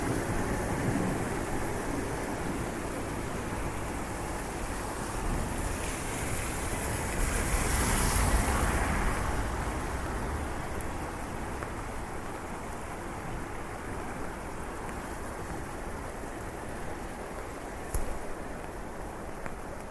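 Rain falls steadily on a street while someone walks, a dense hiss spread from low rumble to bright patter. Around eight seconds a vehicle swells past, and a sharp click stands out near eighteen seconds against the constant wash.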